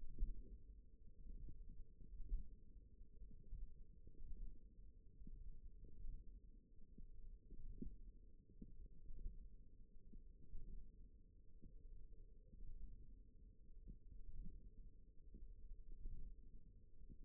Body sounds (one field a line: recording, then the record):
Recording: forearm muscle sounds (acoustic myography)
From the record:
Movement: hook grip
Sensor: system 1, eight BSWA MPA416 microphones around the upper forearm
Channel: 1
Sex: female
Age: 20 years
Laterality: right